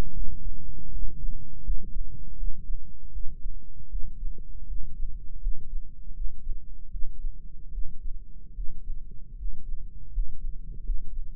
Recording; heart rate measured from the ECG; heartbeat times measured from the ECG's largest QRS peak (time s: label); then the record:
heart sounds by microphone in the right ear; 79 bpm
0.12 s: heartbeat
0.90 s: heartbeat
1.62 s: heartbeat
2.35 s: heartbeat
3.11 s: heartbeat
3.88 s: heartbeat
4.66 s: heartbeat
5.39 s: heartbeat
6.12 s: heartbeat
6.89 s: heartbeat
7.71 s: heartbeat
8.53 s: heartbeat
9.34 s: heartbeat
10.10 s: heartbeat
10.82 s: heartbeat
From the record:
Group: healthy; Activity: rest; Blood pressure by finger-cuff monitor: 125/92 mmHg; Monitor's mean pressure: 101 mmHg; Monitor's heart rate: 78 bpm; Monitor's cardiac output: 5.7 L/min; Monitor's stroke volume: 71 mL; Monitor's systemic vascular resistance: 1330 dyn s/cm5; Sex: male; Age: 21 years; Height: 180 cm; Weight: 67.5 kg